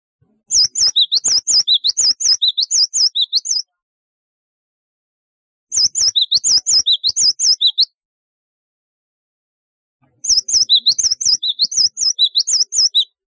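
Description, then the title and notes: Java sparrow singing three long phrases of rapid, bell-like looping notes mixed with dry clicks, each phrase two to three seconds, with silent pauses between. "Kicau Burung Gelatik"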